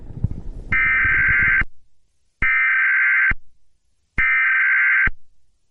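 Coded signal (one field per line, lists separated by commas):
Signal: Emergency Alert System (SAME) tones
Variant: header bursts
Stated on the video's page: Fictional EAS scenario, not a real alert.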